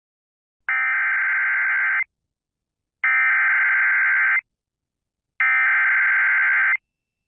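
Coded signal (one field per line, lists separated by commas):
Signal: Emergency Alert System (SAME) tones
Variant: header bursts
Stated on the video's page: Fictional EAS scenario, not a real broadcast.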